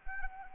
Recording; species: mosquito wingbeat signal from an infrared sensor; Anopheles arabiensis